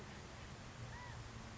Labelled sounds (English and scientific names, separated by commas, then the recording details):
California Quail (Callipepla californica)
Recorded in Sonoma County, California